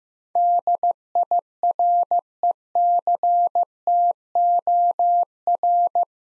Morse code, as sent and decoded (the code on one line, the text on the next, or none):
-.. .. .-. . -.-. - --- .-.
DIRECTOR